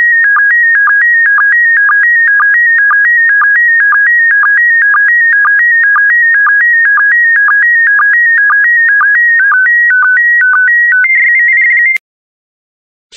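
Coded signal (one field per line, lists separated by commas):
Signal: SSTV (slow-scan television)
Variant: PD120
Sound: warbling stepped tones around 1.5-2.3 kHz with a short low blip twice a second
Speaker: complete. You can now check your decoded image against the picture that is shown on the video.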